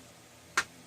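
A case screw is turned backwards in the boss of a plastic SNES console shell until its thread drops into the existing thread start. A single sharp click is heard at 0.6 s against a quiet background, and the screw is seated in the existing thread.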